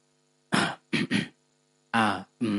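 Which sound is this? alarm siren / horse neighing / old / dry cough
dry cough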